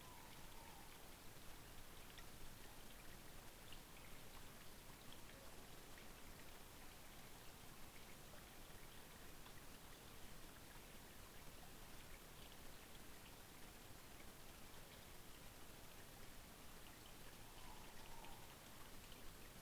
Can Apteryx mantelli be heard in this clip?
no